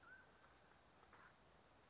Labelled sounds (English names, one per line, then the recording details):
Mountain Quail
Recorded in Sonoma County, California